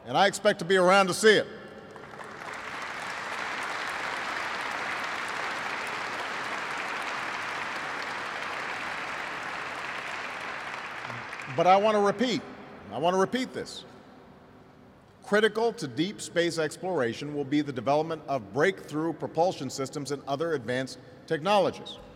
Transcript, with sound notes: And I expect to be around to see it. (Applause.) But I want to repeat -- I want to repeat this: Critical to deep space exploration will be the development of breakthrough propulsion systems and other advanced technologies.